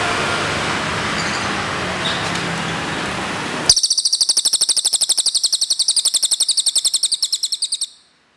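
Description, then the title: Bird trill: after several seconds of low background hiss, a rapid stream of high, sharp repeated notes runs steadily for about four seconds and then stops abruptly. "SUARA BURUNG"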